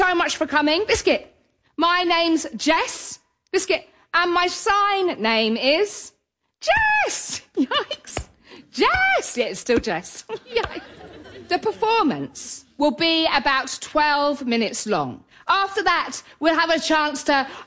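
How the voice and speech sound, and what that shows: An adult woman gives a clear, fluent welcome to an audience before a live performance, broken by sudden out-of-context words: "Biscuit" twice and a sharp "Yikes" twice, with some stretched sounds around them. These involuntary interjections are vocal tics of Tourette syndrome, noises she cannot control, which began at about age 6 and intensified in her early 20s.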